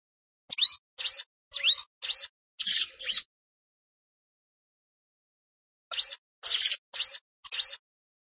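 Plain prinia song in two bursts of several sharp, buzzy, upswept chirps, separated by a gap of roughly two and a half seconds.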